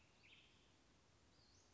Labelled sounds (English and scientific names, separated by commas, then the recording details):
Western Flycatcher (Empidonax difficilis)
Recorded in Sonoma County, California